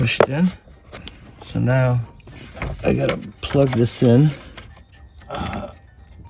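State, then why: Not seated. Someone talks while handling the wiring harness connector for the instrument cluster of a 2013 Camry during reinstallation, with brief handling noises near 4.6 and 5.5 seconds. The connector has not yet gone into the back of the cluster, and nothing has seated or clicked yet.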